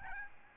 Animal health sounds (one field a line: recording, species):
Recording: mosquito wingbeat signal from an infrared sensor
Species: Aedes albopictus